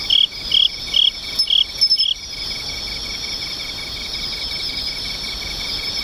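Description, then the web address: Insect song: five bright chirps over about two seconds, then a steady high-pitched chorus of other insects. "nishikawa 201110 mushinokoi"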